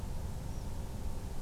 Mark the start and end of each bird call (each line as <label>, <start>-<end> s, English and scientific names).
European Pied Flycatcher (Ficedula hypoleuca), 0.52-0.65 s